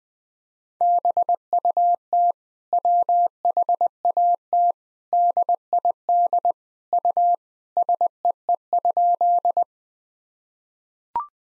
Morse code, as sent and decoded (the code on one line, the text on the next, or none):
-... ..- - / .-- .... .- - / -.. .. -.. / ..- / ... . . ..--..
BUT WHAT DID U SEE?